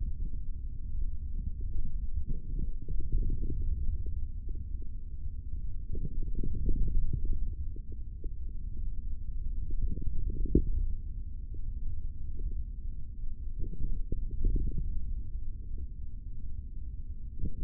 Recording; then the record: forearm muscle sounds (acoustic myography)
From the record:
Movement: hand closing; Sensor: system 3, bracelet of six PUI Audio POM-2738L microphones around the upper forearm, with dedicated amplification and filtering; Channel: 3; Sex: male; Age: 23 years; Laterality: right